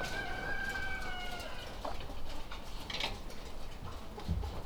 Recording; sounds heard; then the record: poultry house recording; healthy chickens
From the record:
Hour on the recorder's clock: 21